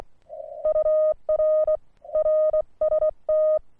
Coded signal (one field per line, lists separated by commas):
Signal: Morse code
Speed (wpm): 22 wpm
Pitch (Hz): 620 Hz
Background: none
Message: UR RST